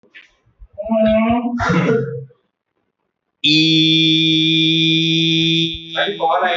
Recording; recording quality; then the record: sustained vowel as in beet; moderate, slight background noise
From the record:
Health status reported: healthy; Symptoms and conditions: none ticked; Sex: male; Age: 26 years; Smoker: not ticked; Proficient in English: yes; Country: India